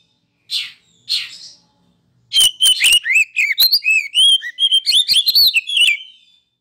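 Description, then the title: Oriental magpie-robin song: two soft buzzy notes, then a rapid, varied string of high whistles, chips and slurred phrases. Masteran (training) recording of a kacer, played to provoke other kacer into singing vigorously (gacor); reported as having made a kacer into a champion. "Masteran Kacer Yang Sukses Memancing Kacer Gacor Sampai Jadi Juara"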